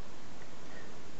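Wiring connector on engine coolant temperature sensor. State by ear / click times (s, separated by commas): not seated / none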